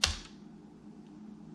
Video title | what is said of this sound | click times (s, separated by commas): STEAMCODE Bionic Robot - Dancing Mouse | insert the mode push it into the opening and press gently until you hear a click | 0.0 s